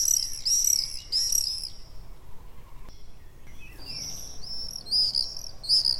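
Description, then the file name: Common swifts screaming in three quick shrill bursts, a short lull with a brief tonal note, then more high trilled screeches. Common swift calls, recorded 6 June 2014. "Mauerseglerrufe MS 06-06-2014"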